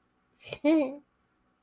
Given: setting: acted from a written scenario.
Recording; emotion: vocal sound without words; embarrassment